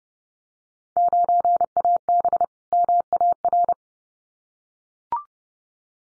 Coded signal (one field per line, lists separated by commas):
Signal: Morse code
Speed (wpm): 30 wpm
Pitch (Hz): 700 Hz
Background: none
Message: 9AB MAR